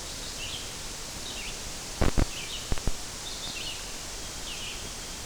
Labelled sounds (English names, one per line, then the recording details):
Red-eyed Vireo song
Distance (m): 45 m
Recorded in boreal forest in Alberta, Canada, on 12 June 2016 at 05:45
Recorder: SongMeter 3, array SBT-3-18
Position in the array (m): 233 m, 103 m